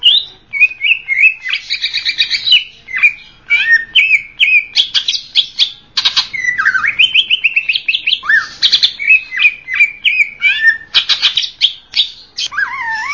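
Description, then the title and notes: Greater green leafbird singing a long, fast stream of mixed whistles, trills and scratchy chirps, phrases changing constantly with hardly a pause. Local name cucak ijo; described as a champion songbird. "Kicau Burung Cucak Ijo Juara. Suara kicauan burung cucak ijo"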